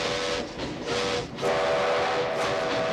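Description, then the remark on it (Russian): A steam locomotive whistle, sounded by Doc pulling an overhead rope in the cab of a moving steam locomotive, blows a steady, piercing chord over a hiss of rushing steam, cutting out briefly partway through before sounding again even louder. “Одев кепку машиниста, Док дергает за расположенную сверху веревку.”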